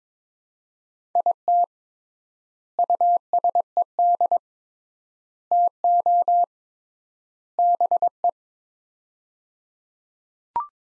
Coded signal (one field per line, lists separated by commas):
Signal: Morse code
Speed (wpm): 22 wpm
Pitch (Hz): 700 Hz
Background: none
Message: IT USED TO BE